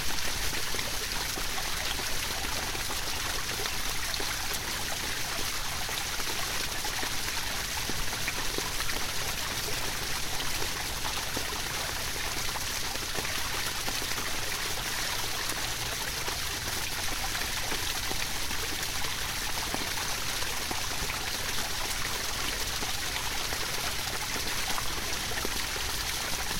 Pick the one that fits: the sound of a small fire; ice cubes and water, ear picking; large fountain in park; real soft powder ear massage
large fountain in park